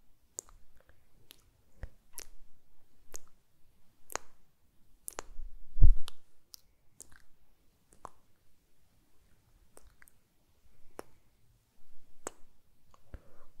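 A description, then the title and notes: Wet mouth sounds and kissing smacks, heard as sharp clicks that pop out about once a second, some bright and crisp, others softer. Between them there are faint breathy rustles and a low murmur, with a heavier thump near the six-second mark. ASMR KISS SOUNDS and MOUTH SOUNDS TEST WITH TASCAM.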